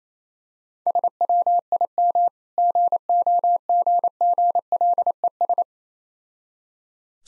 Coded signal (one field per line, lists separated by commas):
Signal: Morse code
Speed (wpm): 28 wpm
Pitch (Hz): 700 Hz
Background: none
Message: SWIM GOGGLES